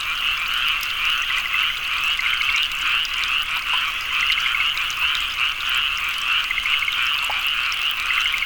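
Frogs chorusing, one caller giving repeated short chirps above a steady background trill from many others.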